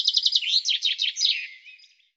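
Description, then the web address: Bird song phrase, a fast run of high chirps that breaks into a descending, slurred flourish, then fades out. "cianscape birddata Deverinetal 2025 Bird Fr Co"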